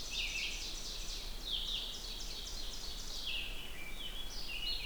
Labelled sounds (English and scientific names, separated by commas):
Red-eyed Vireo (Vireo olivaceus) song